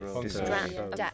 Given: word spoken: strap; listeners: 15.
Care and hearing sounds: one English word in noise, from a listening test; four-talker babble; -2.4 dB; 4 of 15; 6 of 15; 0.74 s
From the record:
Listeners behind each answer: 6, 4, 2, 1, 1, 1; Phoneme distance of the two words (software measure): 31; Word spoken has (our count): 1 syllable, 5 phonemes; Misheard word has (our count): 2 syllables, 8 phonemes, stress on syllable 2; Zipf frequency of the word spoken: 3.62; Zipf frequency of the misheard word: 3.60

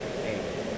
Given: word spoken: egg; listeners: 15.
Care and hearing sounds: one English word in noise, from a listening test; speech-shaped noise; -5.3 dB; 1 of 15; 6 of 15; 0.38 s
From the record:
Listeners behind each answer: 6, 2, 1, 1, 1, 1, 1, 1, 1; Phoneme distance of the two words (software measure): 20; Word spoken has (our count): 1 syllable, 2 phonemes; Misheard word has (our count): 1 syllable, 2 phonemes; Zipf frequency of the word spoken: 4.80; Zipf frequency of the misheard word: 5.18

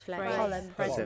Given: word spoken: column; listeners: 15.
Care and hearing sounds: one English word in noise, from a listening test; four-talker babble; -2.2 dB; 2 of 15; 7 of 15; 0.66 s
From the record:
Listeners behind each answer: 7, 2, 2, 1, 1, 1, 1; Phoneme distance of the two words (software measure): 20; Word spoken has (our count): 2 syllables, 5 phonemes, stress on syllable 1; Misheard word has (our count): 2 syllables, 5 phonemes, stress on syllable 1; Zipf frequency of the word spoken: 3.86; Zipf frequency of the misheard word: 3.55

